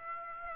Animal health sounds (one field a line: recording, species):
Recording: mosquito wingbeat signal from an infrared sensor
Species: Aedes aegypti